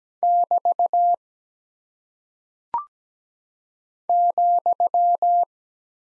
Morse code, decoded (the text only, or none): <BT> ,